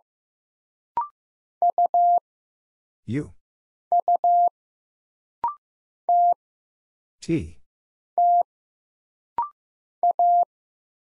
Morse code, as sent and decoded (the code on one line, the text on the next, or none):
..- / ..- / - / - / .-
U U T T A